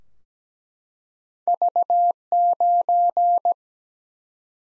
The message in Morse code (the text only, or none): V9